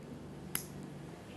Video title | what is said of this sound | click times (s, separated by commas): INHALATION THERAPY | bagian bawah diputar ke kiri sampai berbunyi klik | 0.5 s